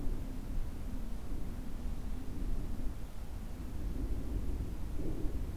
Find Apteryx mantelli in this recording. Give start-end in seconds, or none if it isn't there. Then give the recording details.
none. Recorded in New Zealand on 2 February 2014. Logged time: 22:59. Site CA73